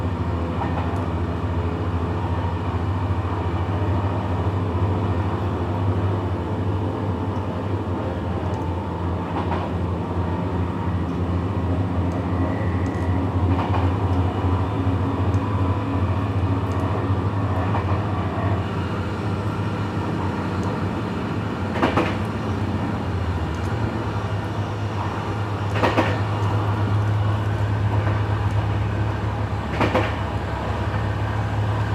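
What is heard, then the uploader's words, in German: An evening train ride with rattling tracks: a steady low rumble runs the whole time, dense and even. Sharp clacks and knocks stand out now and then, clearest around 22, 26 and 30 seconds, over a faint mid-range hum. Abendliche Zugfahrt, ratternde Gleise.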